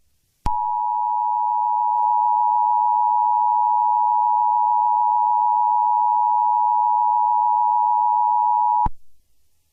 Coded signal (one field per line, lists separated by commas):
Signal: Emergency Alert System (SAME) tones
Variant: 853 and 960 Hz attention tone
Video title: [EAS] Supervolcano